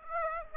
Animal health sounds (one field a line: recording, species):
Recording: mosquito wingbeat signal from an infrared sensor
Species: Aedes aegypti